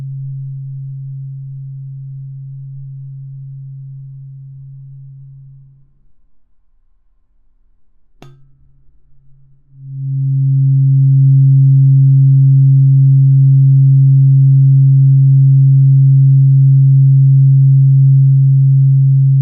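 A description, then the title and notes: A low tuning fork tone hums steadily and slowly fades out over the first six seconds, leaving near silence. Around eight seconds a sharp tap sounds, and from about ten seconds a louder, fuller low tone swells in and holds steady to the end. ASMR×KU100. (OM136.1HZ&4096HZ) | Tuning Fork | NO Talking.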